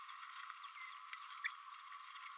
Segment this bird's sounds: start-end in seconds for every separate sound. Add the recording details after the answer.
1.44-1.47. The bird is a female. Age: 27 days. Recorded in a nest box in Venezuela. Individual 17B32A5